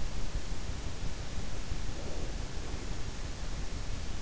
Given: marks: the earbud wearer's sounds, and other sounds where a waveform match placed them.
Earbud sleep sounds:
sounds in sleep by an in-ear microphone; breath
1.61-3.00 s: breath

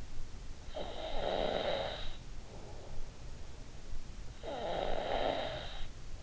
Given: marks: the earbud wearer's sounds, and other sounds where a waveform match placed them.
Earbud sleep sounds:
sounds in sleep by an in-ear microphone; snoring breath
0.41-3.15 s: snoring breath
4.12-6.18 s: snoring breath

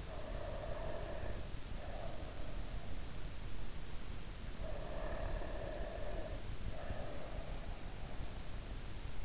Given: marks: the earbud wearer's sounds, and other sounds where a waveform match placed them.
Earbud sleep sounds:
sounds in sleep by an in-ear microphone; breath
0.00-2.85 s: breath
4.45-8.23 s: breath

